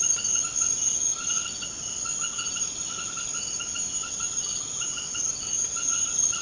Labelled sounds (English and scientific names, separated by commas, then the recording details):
none
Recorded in secondary vegetation near Puerto Asís, Putumayo, Colombia, on 30 June 2025 at 20:30
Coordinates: 0.500, -76.326
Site GP08